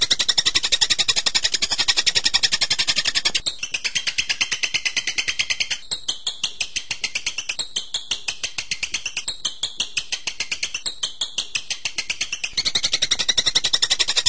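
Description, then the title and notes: Bird song: a long, rapid, high chattering trill, louder at the opening and close, steadily pulsed throughout. Birdsong used to train birds. "MASTERAN BURUNG. suarane manok"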